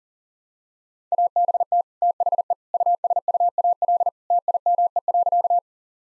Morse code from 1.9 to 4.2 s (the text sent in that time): THE USUAL